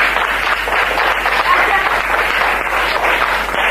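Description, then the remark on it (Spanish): Steady applause from a group celebrating Radio Changuito's 200th programme fills the whole stretch, a dense continuous patter of many hands clapping at once, loud and even with no gaps. “Un aplauso para los chicos de Radio Changuito.”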